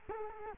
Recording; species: mosquito wingbeat signal from an infrared sensor; Culex quinquefasciatus